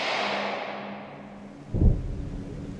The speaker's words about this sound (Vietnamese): Trời bắt đầu đổ những giọt mưa, sấm chớp nhá sáng cả bầu trời trưa.